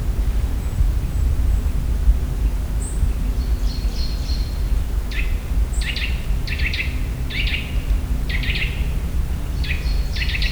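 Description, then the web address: Eurasian nuthatch calls: after a quiet start, short sharp notes come in pairs and short bursts, with thin high squeaks and a steady low rumble underneath. Another of the Eurasian nuthatch's calls, in nature in the Visegrád Hills, Hungary. "csuszka professzionalis masikhangja visegradihegyseg"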